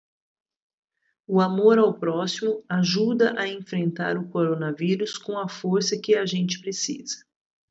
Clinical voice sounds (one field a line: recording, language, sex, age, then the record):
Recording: spoken sentence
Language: Brazilian Portuguese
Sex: female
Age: 40 to 49 years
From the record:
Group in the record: control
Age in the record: 49 years